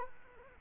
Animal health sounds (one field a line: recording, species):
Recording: mosquito wingbeat signal from an infrared sensor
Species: Culex quinquefasciatus